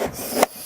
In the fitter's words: Et je maintiens l'ensemble en positionnant le capot qui va se clipser sur la goulotte.